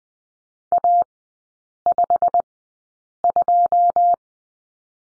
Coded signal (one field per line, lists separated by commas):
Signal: Morse code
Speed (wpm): 20 wpm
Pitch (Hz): 700 Hz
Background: none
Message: A52